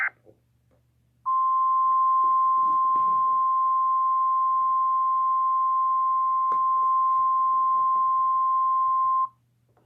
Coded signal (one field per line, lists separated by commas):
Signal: Emergency Alert System (SAME) tones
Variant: 1050 Hz attention tone